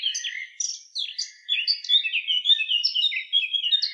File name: Sylvia atricapilla